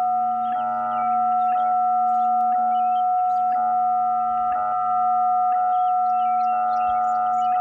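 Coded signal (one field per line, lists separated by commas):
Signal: radio time signal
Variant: WWVH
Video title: WWVH in Hawaii - 59+30dB on 10 MHz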